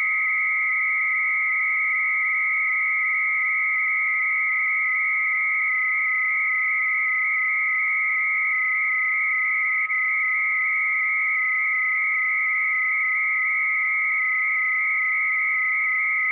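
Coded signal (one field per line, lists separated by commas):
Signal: 300-baud modem data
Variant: Bell 103, 300 baud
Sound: steady mid tone under a continuous warbling higher two-tone data whine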